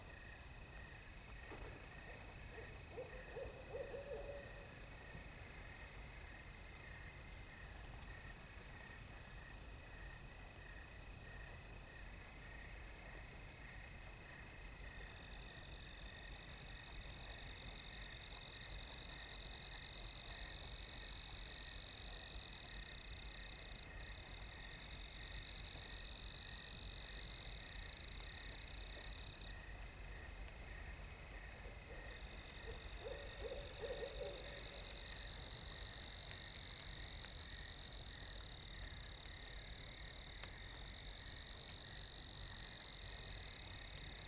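In an open meadow at night, a steady pulsing chorus of insects or frogs fills the air, with an owl hooting near the start and again later.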